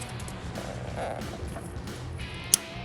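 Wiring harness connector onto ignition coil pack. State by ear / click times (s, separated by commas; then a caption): seated / 2.5 s. On a 2009–2018 RAM 1500 with the 5.7L engine, during a spark plug install, the plastic wiring harness connector is pushed back onto the ignition coil pack, and its red locking tab is then pushed down. Over a steady low background bed, a single sharp click rings out at 2.5 seconds. The connector is seated.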